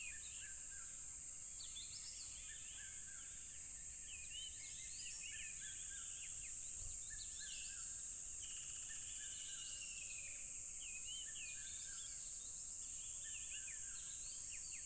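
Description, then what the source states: Unbroken high cricket drone runs throughout, layered under frequent bird whistles, chirps and warbles. Loud crickets along a tropical river.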